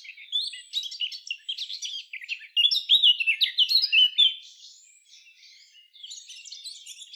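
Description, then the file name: Eurasian blackcap song: a fast, scratchy warble of varied chirps, building into louder, clearer fluty notes midway, then a quieter chattering passage near the end. "Sylvia atricapilla"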